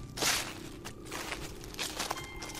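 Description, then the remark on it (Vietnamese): A handful of soft, uneven footsteps of four people approach in a forest, each a brief scuffing thud spaced irregularly, over a steady low droning background with no voices. “nghe có tiếng bước chân người đang tiến tới.”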